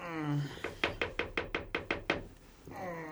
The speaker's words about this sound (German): In der Stadt mit dem größten Hafen Europas waren sie im Emma untergebracht, einem gemütlichen kleinen Hotel in der Innenstadt. Der erste Detektiv hatte sich gerade auf sein Bett plumpsen lassen, als es an der Tür klopfte.